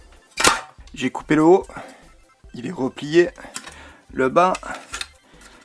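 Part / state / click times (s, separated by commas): cut metal plate fitting into the retro console enclosure / seated / 5.0 s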